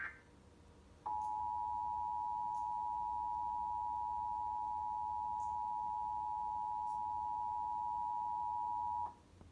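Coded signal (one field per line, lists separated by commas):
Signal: Emergency Alert System (SAME) tones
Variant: 853 and 960 Hz attention tone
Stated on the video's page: Required Monthly Test, recorded off the air from WCVE.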